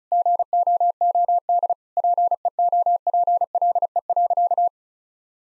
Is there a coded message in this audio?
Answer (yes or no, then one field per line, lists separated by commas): yes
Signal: Morse code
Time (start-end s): 0.1-4.7 s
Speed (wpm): 36 wpm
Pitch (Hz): 700 Hz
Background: none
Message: GOOD PEOPLE.